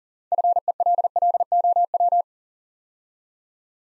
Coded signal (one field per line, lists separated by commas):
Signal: Morse code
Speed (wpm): 40 wpm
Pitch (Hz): 700 Hz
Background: none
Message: FELLOW